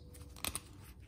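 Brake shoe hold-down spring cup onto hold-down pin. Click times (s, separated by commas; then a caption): 0.4 s. On a Ford Ranger drum brake, a brake shoe hold-down spring and its retaining cup are pressed down over the hold-down pin and twisted so the pin locks into the cup. A sharp metallic snap at 0.4 s marks the spring locking in place, followed by a second sharp sound at about 0.6 s. The hold-down spring is seated and locked.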